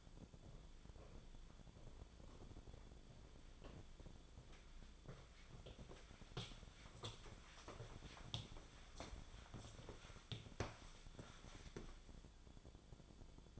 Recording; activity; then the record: daily activity, microphone in the room; walk to room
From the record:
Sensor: 5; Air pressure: 1010.2 hPa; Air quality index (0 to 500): 140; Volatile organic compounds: 3 ppm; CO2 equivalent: 1371 ppm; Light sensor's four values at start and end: 275/685/288/315 and 287/682/296/331